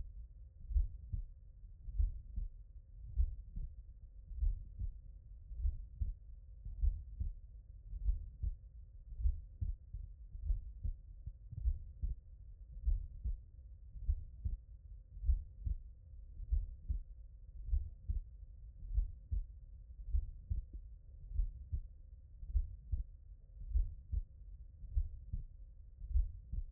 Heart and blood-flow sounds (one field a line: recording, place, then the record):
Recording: heart sounds by stethoscope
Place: tricuspid valve (TV)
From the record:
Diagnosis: non-HFrEF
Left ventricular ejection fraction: 69%